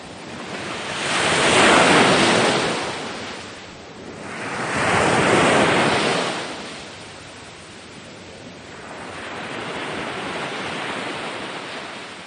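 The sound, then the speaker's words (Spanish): Sea waves crash onto the shore in broad, hissing surges: two strong swells rise and recede, then a softer, longer wash follows, with steady wind-like noise between them. “Mientras el océano aún tenga fuerza para golpear la costa, habrá quien luche por enseñar a sus niños cómo suenan las olas del mar.”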